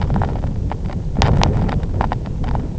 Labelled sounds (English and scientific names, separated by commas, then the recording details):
none
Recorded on Arctic tundra, site IGLO-F, on 23 June 2018
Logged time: 12:00